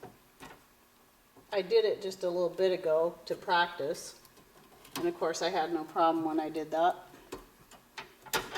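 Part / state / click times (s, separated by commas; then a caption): treadle drive belt onto sewing machine hand wheel / seated / 8.3 s. A treadle drive belt is worked around the groove of a sewing machine hand wheel while someone talks, with a few faint ticks near the end. It snaps into place with a sharp snap at 8.3 s and is seated.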